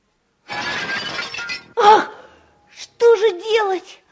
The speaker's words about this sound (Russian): Но случилась беда. Однажды, когда хозяйки не было дома, Мук нечаянно разбил хрустальный кувшин.